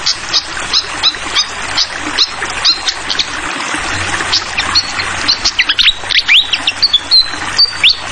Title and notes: Masteran Sikatan Kipas Suara Jernih Dan Suara Gemericik Air. Suara Burung Sikatan Londo